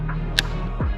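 The center pin of a plastic push-rivet trim clip in the rear fender panel of a 2019+ Yamaha R3/R7 motorcycle is pressed in with a pick while fitting a fender eliminator kit. Over steady background music, a single sharp click sounds at 0.4 s as the pin drops in and the clip releases.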